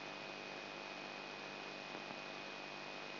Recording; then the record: brain microelectrode recording played as sound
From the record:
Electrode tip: inside the subthalamic nucleus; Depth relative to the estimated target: 0 mm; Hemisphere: left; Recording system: AlphaMap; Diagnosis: Parkinson's disease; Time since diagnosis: 9 years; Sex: male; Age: 58 years